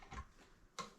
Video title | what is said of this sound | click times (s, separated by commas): Honda Talon 1000R - upgraded RIM and TIRE package #installation #build #beadlocks #tires | Oh, that's not a very loud click, that thing. | 0.8 s